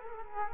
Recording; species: mosquito wingbeat signal from an infrared sensor; Culex quinquefasciatus